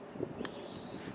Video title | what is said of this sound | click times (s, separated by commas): 2008 Toyota Rav4 Headlight Replacement | you can hear it snap click when it goes in a little | 0.4 s